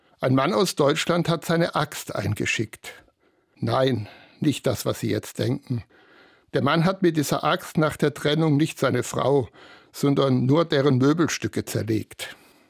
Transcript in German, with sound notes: Ein Mann aus Deutschland hat seine Axt eingeschickt. (kleine Pause). Nein, nicht, was Sie jetzt denken. Der Mann hat mit dieser Axt nach der Trennung nicht seine Frau, sondern nur deren Möbelstücke zerlegt.